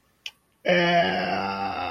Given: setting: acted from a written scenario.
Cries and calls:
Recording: vocal sound without words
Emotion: neutral

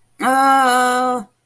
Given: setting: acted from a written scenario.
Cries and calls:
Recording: vocal sound without words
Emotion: distress

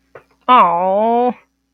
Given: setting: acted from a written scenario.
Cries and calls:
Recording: vocal sound without words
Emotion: disappointment

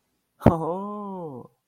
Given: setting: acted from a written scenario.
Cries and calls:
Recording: vocal sound without words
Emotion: positive surprise

